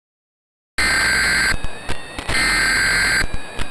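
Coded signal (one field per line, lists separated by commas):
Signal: Emergency Alert System (SAME) tones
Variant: header bursts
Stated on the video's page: Simulated World War III alert scenario, remastered.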